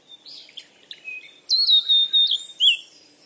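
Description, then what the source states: Bird song: soft chirps followed by a louder sustained whistle and a few sliding high notes. Birds playing.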